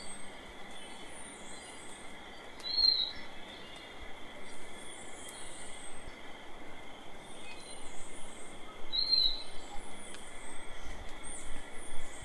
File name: Grallaricula cucullata